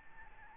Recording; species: mosquito wingbeat signal from an infrared sensor; Aedes albopictus